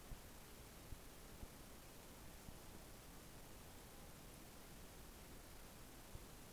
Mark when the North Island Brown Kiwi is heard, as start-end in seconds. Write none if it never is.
none